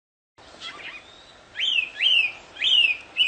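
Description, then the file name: Chinese hwamei singing: a few soft notes, then several loud slurred whistles that rise sharply and slide down, with a faint hiss behind. Wild bird in its natural habitat. "audio kicauan burung hwamei di alam liar. omkicau"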